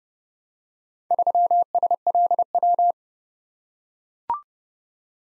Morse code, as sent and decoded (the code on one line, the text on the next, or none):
...-- ... .-.. .--
3SLW